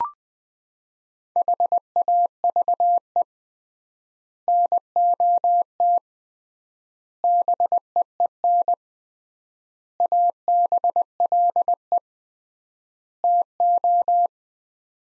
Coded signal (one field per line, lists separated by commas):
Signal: Morse code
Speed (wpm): 20 wpm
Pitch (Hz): 700 Hz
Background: none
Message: HAVE NOT BEEN ABLE TO